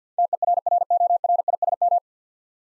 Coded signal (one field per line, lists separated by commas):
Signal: Morse code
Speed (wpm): 50 wpm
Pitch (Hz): 700 Hz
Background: none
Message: TERRORISM